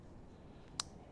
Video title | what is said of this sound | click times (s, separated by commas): Garage Stream - 18th Apr 2025 | There we go. See, now it clicked in. | 0.8 s